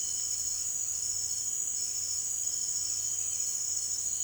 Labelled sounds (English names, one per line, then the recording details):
none
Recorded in dense forest near Puerto Asís, Putumayo, Colombia, on 13 March 2025 at 17:30
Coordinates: 0.481, -76.323
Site G088